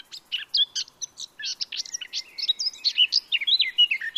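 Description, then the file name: Eurasian blackcap song: a fast, continuous run of rich, varied warbling notes, mixing chattering phrases with clearer fluty whistles throughout. "Sylvia atricapilla"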